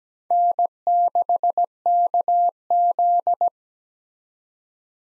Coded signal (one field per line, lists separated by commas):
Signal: Morse code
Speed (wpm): 17 wpm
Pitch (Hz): 700 Hz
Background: none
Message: N6KZ